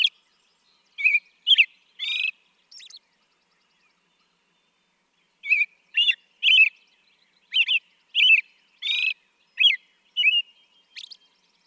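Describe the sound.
American robin song: short groups of whistled, slurred phrases, a pause of a few seconds, then a longer run of rising and falling carols.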